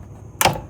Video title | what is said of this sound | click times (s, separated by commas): 2017-2019 F250 6.7L Diesel Fuel Filter - Water Separator Replacement | And make sure you can hear the click when you completely close it. | 0.4 s